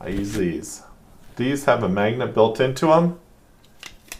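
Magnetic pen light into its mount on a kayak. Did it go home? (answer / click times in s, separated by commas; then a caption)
yes / 4.1 s. Someone talks as a small pen light with a built-in magnet is pressed onto its mount inside a kayak hull. After a couple of faint ticks, a sharp click at 4.1 s marks the light seating in its mount.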